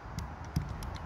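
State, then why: Not seated. A metal key lockbox door is pushed closed without the code being re-entered, and it rattles in a quick series of sharp metallic taps at about 0.2, 0.6, 0.8, 1.0 and 1.1 seconds. The door will not catch, and nothing has latched or clicked into place yet.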